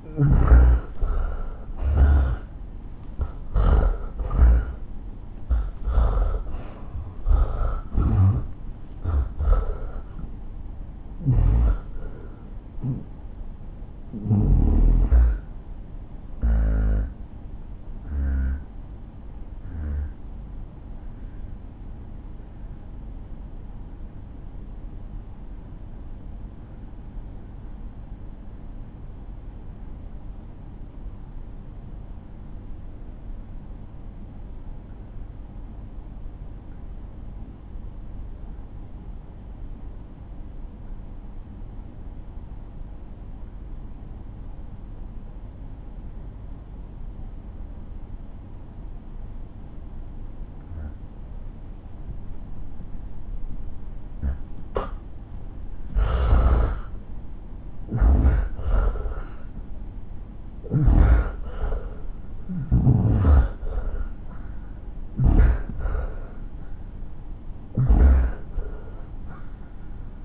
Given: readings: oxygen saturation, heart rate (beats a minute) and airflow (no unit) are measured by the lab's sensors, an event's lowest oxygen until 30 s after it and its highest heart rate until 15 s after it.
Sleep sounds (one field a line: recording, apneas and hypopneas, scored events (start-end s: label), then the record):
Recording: breathing in sleep by a smartphone at the bedside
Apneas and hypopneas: 1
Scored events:
22.00-61.20 s: obstructive apnea (N1, oxygen 95% highest, then 82% lowest)
29.00-59.00 s: new sleep stage, N2 (light sleep)
59.00-70.25 s: new sleep stage, N1 (lightest sleep)
From the record:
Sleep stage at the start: N1 (lightest sleep)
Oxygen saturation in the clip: 79 to 95%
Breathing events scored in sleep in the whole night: 217 in 6.3 hours asleep